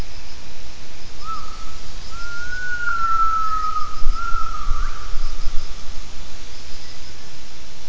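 Gibbon call: a long whistled tone held for about four seconds over a constant low rumble.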